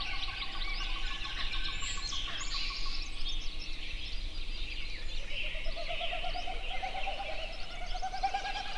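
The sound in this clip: Snipe giving a rhythmic pulsed series in the first seconds and a rising pulsed hooting series later, in a dense chorus of other birds' chirps and whistles.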